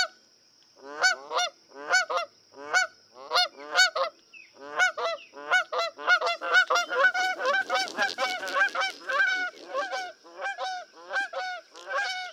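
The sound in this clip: Canada goose honking: loud nasal honks repeated in quick succession, then several birds overlapping into a dense chorus of honks.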